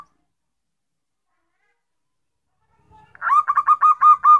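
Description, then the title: Bird song: after near silence, a quick run of several harsh, mid-pitched notes repeated rapidly. "Kicau Burung"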